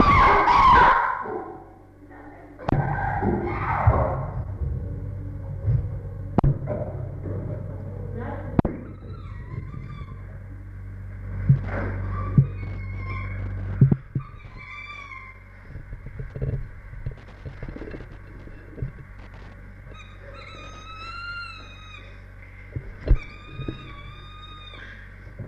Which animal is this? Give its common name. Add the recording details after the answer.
Chimpanzee. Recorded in captivity. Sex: diverse. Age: adult. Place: Tierpark Berlin, Berlin, DE. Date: 1961-01-25. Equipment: Smaragd. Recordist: Korde and Stein